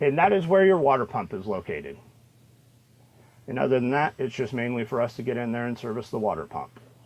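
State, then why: Not seated. A man talks about the flip-up access cover over the water pump compartment in a travel trailer bathroom, with a quiet pause from about 2.0 to 3.5 seconds before he talks again. The cover is being handled, and nothing has latched or locked into place yet.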